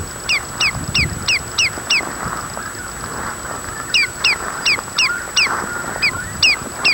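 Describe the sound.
Bird giving bright, falling two-part notes in rapid runs of about three per second, pausing briefly between bursts, over a faint hum.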